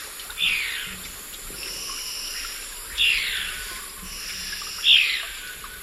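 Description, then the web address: Hairy-crested antbird giving three descending calls at intervals of two to three seconds, with faint whistles and a continuous high buzz in the background. Recorded in the eastern lowlands of South America. "Natures Songs S America Eastern Lowlands. Hairy-crested Antbird"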